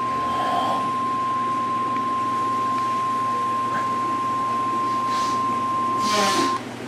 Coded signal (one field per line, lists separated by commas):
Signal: Emergency Alert System (SAME) tones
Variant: 1050 Hz attention tone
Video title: Emergency Alert Scenario | First Tornado